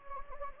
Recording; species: mosquito wingbeat signal from an infrared sensor; Anopheles gambiae